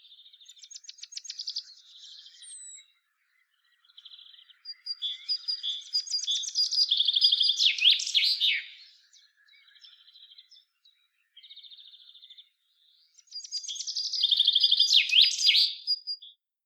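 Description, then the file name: Common chaffinch singing repeated phrases, each a run of high chipping notes that speeds up, falls, and closes with an emphatic flourish, with short quieter chirps between them. "Fringilla coelebs"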